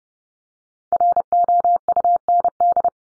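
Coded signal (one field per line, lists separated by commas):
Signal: Morse code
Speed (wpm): 30 wpm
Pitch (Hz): 700 Hz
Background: none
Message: ROUND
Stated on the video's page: Morse drill of the 300 most common English words at 30 wpm for head-copy.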